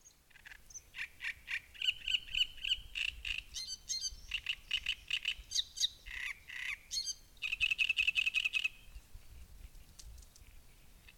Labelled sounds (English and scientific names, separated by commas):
Great Reed Warbler (Acrocephalus arundinaceus)